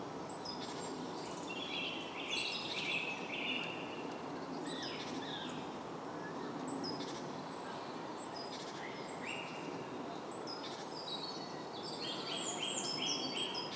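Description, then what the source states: Several birds sing at once: overlapping chirps, warbles and whistles throughout, over a broad hissing background. Soundscape.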